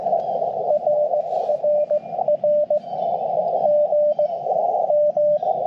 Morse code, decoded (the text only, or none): RRR GM